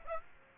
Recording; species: mosquito wingbeat signal from an infrared sensor; Aedes aegypti